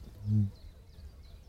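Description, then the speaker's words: Eurasian Bittern boom: a single deep, hollow, very low 'woomp' lasting a fraction of a second, then quiet background. Male's territorial booming to attract a female, Biesbosch national park, Netherlands; heard very quietly and far away. "Dat was een roerdomp aan het roempen."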